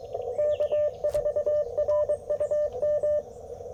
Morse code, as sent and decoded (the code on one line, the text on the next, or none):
-.- ....- .-. ..- --
K4RUM